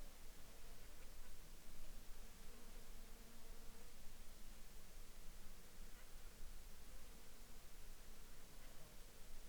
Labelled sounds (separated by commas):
insects